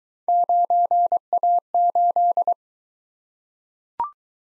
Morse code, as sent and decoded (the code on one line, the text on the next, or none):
----. .- ---..
9A8